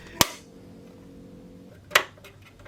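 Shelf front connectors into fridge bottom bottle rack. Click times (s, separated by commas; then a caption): 0.2 s, 2.0 s. The two front connectors of a plastic shelf front are pushed onto a new plastic bottom bottle rack for an Indesit fridge freezer. Two sharp, loud clicks are heard at 0.2 s and 2.0 s, one for each connector, followed by a few faint ticks. Both connectors are seated correctly.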